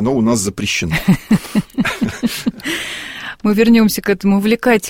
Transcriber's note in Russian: смеются